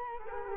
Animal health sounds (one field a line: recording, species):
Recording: mosquito wingbeat signal from an infrared sensor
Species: Culex quinquefasciatus